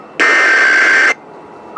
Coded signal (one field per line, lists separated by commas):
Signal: Emergency Alert System (SAME) tones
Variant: header bursts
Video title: 2023 National Periodic Test on Several Radio Stations and WEA Activation (EAS #3613-3620)